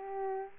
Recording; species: mosquito wingbeat signal from an infrared sensor; Aedes aegypti